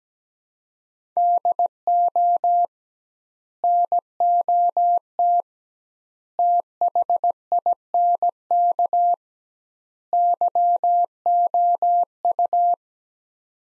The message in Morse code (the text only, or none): DO NOT THINK YOU